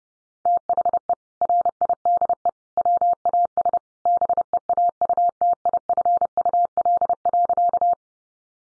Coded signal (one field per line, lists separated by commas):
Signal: Morse code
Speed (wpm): 30 wpm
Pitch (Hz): 700 Hz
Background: none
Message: THE RIDE WAS BEAUTIFUL.